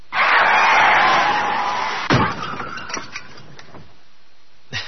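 A car crash sound effect: a loud rushing, grinding roar for about two seconds, then a sharp heavy impact followed by scattered clanks and rattling debris, ending with one last small thud.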